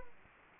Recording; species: mosquito wingbeat signal from an infrared sensor; Anopheles gambiae